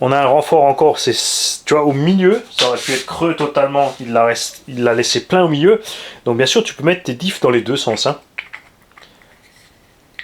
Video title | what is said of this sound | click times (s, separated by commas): KKPIT KPM 1/8 MONSTER TRUCK! WOUUHHOUUUWW le matos de DIINNNGUE !!! MERCI ACTION MODELISME !!! | Ça s'enclenche à merveille. Regarde-moi ça. | 8.4 s